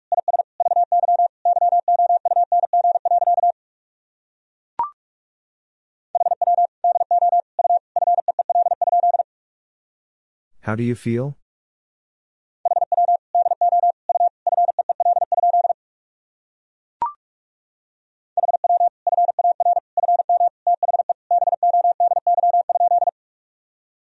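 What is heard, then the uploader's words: Morse code is sent as a steady mid-pitched tone broken into rapid dots and dashes, in four bursts of about three seconds each separated by silences. Two short clicks fall in the gaps, and a brief noisy rasp sounds near the middle. Sentences from Top 400 Words and Abbreviations 45wpm. First, the words and abbreviations are sent in Morse code.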